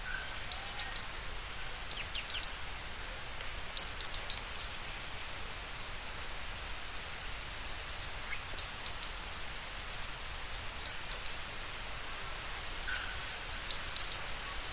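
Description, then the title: Bird song: short bursts of high, thin chirps in small quick clusters, repeated at irregular intervals over a faint steady hiss. "LuckyPassaro Completos2Sama"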